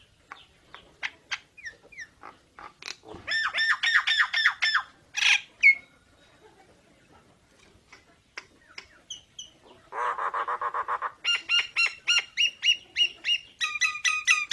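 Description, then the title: Nias hill myna song: scattered sharp notes building into fast ringing series, a lower harsh nasal burst, then rapid repeated metallic notes. Energetic 'gacor' singing with a very loud 'super gledek' voice, used as master material for tutoring songbirds. "Burung Jalak Nias Gacor Suara Super Gledek Untuk Masteran"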